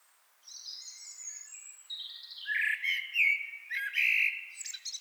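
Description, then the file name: Common blackbird song: a thin high squeaky opening, then mellow fluted phrases, with scratchy high twitters at the end. "Turdus merula"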